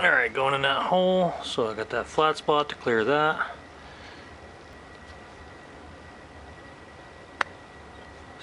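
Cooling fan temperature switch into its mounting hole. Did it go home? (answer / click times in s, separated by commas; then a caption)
yes / 7.4 s. Someone talks as an automatic cooling fan temperature switch sensor is pushed into its mounting hole, with its flat spot lined up for clearance. After a quiet stretch, it snaps into place with one sharp click at 7.4 s, seating the sensor.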